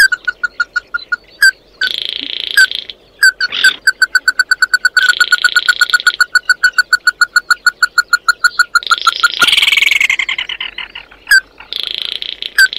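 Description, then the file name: Bird calls: sharp isolated notes, then steady fast trains of short ringing notes over buzzy rasps, with a harsh noisy burst near the end. "Tieng chim mat do"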